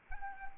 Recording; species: mosquito wingbeat signal from an infrared sensor; Anopheles arabiensis